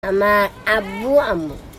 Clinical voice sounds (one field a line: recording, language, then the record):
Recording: elicited speech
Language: Bengali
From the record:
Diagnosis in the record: Broca's or global aphasia after a stroke